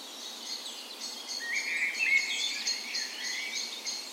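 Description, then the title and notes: Birds chorusing, a thin high twitter underneath and clearer whistled warbling rising to a peak near two seconds. Spring dawn chorus in a park west in Bergen, Norway, morning of 17 May, Norway's National Day; Sony PCM A10 recorder with LOM micro Usi mics as tree ears. "17th Of May Dawn Chorus. Recorded on the morning of Norways National Day the 17th of May in a park west in Bergen. Spring is in full effect, and the dawn chorus sounds wonderful!"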